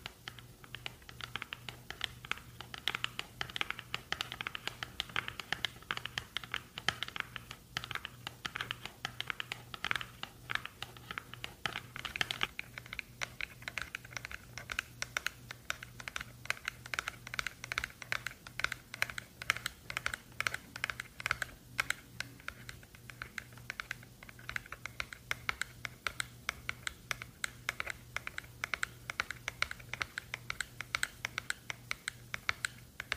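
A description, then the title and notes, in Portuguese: Tapping sounds run continuously, a dense stream of quick, light, crisp clicks at a fast, slightly uneven pace, like fingertips or nails on a hard surface. A soft, steady low hum sits underneath throughout, and the texture stays much the same for the whole stretch. ASMR com MUITO TAPPING! (No Talking). ASMR com apenas sons de tapping para você dormir.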